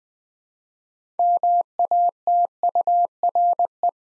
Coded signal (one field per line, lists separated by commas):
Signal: Morse code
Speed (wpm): 20 wpm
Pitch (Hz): 700 Hz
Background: none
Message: MATURE